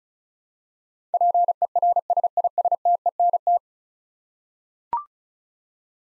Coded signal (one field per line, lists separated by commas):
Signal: Morse code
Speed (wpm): 36 wpm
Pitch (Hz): 700 Hz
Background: none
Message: PERSISTENT